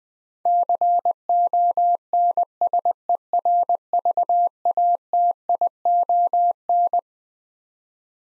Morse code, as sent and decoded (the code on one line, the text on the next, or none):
-.-. --- -. ... . .-. ...- .- - .. --- -.
CONSERVATION